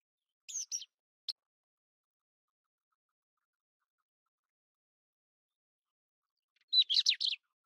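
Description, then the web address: Pied wheatear calls: two short high chirps and a single brief note, then after a long silence a quick cluster of scratchy notes. "Pied wheatear. صدای-چكچک-ابلق"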